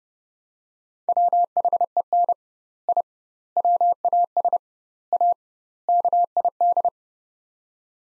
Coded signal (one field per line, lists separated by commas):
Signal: Morse code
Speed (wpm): 30 wpm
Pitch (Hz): 700 Hz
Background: none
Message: WHEN I WAS A KID